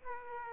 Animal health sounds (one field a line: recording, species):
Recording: mosquito wingbeat signal from an infrared sensor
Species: Aedes aegypti